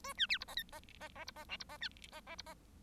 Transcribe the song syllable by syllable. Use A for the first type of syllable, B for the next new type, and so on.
A B C D E F E E E D E G D E B E E D E